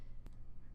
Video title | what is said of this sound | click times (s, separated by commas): Aurora – Pairing to the Philips Hue Bridge | up the opening in the device with the toggle switch and then push the device onto the switch until it clicks. | 0.3 s